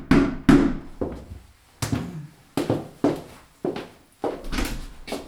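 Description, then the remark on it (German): A series of about ten heavy, dull knocks on a wooden front door of a house, each a firm thud with a short ring, coming in an uneven rhythm with brief pauses between groups. No voices. “Stattdessen klopfte es an der Haustür.”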